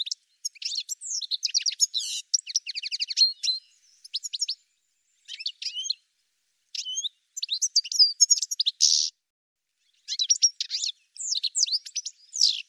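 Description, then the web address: Bird producing fast strings of thin, high chirps and buzzy notes in several bursts separated by short silent gaps. "cianscape birddata"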